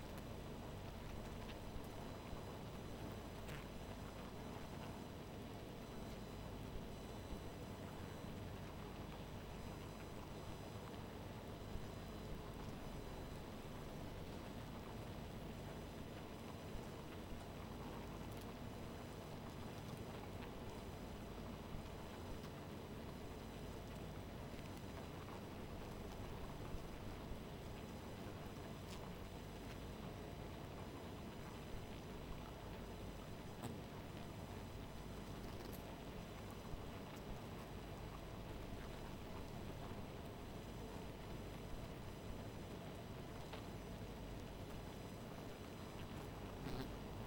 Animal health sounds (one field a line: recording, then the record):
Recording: honeybee colony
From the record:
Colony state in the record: missing queen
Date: 14 July 2017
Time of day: 0:47